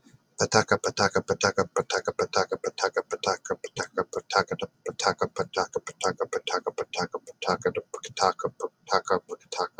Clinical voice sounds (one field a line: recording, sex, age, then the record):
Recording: repeated syllables /pa ta ka/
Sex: male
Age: 30 to 39 years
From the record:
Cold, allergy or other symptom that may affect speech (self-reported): no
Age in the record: 36 years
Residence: Ohio, United States